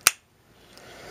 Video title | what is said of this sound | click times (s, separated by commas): Robs Rogues 82 - El Dorado - DC Universe Classics Wav 18 - Mattel | good snap so you do have the waist turn and all that stuff so so | 0.1 s